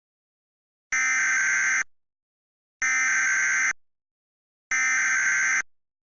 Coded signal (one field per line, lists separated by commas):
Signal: Emergency Alert System (SAME) tones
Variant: header bursts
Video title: EAS Recreation (11/07/20): Average Dust Storm Warning